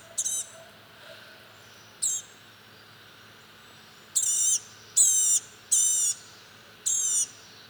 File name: blue-gray gnatcatcher